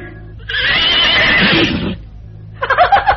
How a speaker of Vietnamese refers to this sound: Rồi con ngựa nó hí.